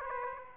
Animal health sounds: mosquito wingbeat signal from an infrared sensor; Aedes aegypti

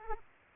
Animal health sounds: mosquito wingbeat signal from an infrared sensor; Aedes aegypti

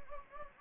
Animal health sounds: mosquito wingbeat signal from an infrared sensor; Anopheles gambiae

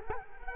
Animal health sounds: mosquito wingbeat signal from an infrared sensor; Culex quinquefasciatus

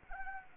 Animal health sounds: mosquito wingbeat signal from an infrared sensor; Anopheles gambiae

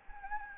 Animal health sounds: mosquito wingbeat signal from an infrared sensor; Anopheles gambiae

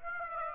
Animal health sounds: mosquito wingbeat signal from an infrared sensor; Aedes aegypti

